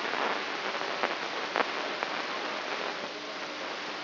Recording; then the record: brain microelectrode recording played as sound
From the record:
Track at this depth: outside the subthalamic nucleus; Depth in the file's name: 8.504 mm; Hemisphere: left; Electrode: 3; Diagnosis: Parkinson's disease